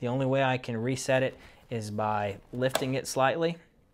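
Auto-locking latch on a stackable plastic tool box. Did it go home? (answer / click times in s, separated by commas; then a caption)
no / none. Someone talks while handling the auto-locking latch on a stackable plastic Toughbuilt StackTech tool box, which has been slid to unlock and is about to be reset by lifting the box slightly. Only speech is heard, with no distinct mechanical sounds. Nothing has seated or clicked yet.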